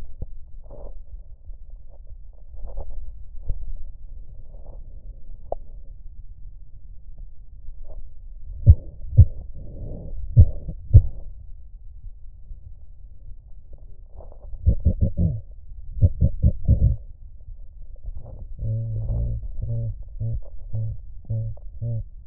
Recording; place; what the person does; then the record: lung sounds by stethoscope; left posterior basal chest; quiet breathing, then cough and speech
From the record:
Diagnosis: none (healthy); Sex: male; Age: 23 years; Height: 185 cm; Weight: 93 kg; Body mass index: 27.2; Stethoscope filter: extended mode